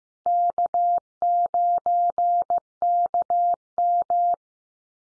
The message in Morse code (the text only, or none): K9KM